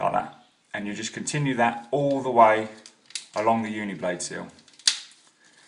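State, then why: Seated. A man talks while pressing the male strip of a plastic Uniblade shower screen seal into its female blade receptor, working along the length of the seal. A sharp click at 4.9 s shows the strip has seated further along.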